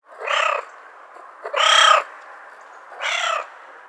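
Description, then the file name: Cat giving three drawn-out, harmonic meows about half a second long each, spaced roughly a second and a half apart, with the middle one loudest. "cat voice"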